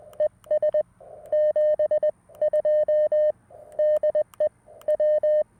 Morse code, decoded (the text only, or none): ES 72 DE W